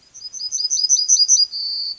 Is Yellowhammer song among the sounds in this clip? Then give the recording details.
yes. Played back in forest. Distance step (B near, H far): B. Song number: 109